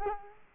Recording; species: mosquito wingbeat signal from an infrared sensor; Culex quinquefasciatus